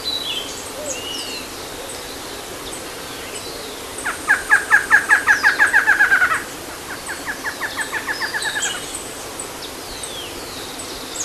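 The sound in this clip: Bird trill: a rapid run of sharp notes, then a softer second run, with thin high chirps around it.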